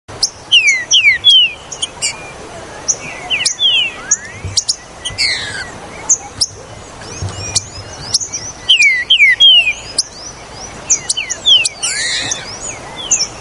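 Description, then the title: Green-winged saltator song: whistled, downward-slurred notes repeated in phrases throughout, among many high chirps and sharp ticking sounds. "Trinca Ferro"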